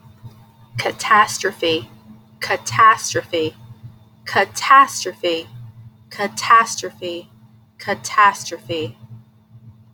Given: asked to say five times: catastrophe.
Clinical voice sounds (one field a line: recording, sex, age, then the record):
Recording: repeated word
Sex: female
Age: 30 to 39 years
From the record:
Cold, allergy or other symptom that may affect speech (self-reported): no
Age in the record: 37 years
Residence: Delaware, United States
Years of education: 12